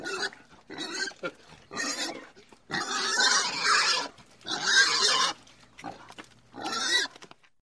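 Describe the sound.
Pig squealing in a series of harsh bursts, some long and loud, others short, separated by brief gaps over about seven seconds.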